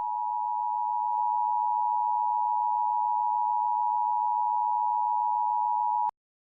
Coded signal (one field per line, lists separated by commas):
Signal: Emergency Alert System (SAME) tones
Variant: 853 and 960 Hz attention tone